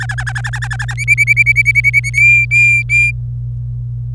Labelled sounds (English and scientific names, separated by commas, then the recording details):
Domestic Canary (Serinus canaria) song
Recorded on 26 April 2018 at 11:49
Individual llb3